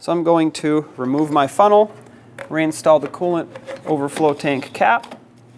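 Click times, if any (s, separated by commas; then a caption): none. Someone talks while the funnel is removed and the coolant overflow tank cap is reinstalled on the tank of a 1999–2016 Ford E-350 with a 5.4L V8, a cap that locks in place by ratcheting a couple of times. Only speech over a low steady hum is heard, with no distinct clicks. Nothing has seated or clicked yet; the cap is handled but not yet home.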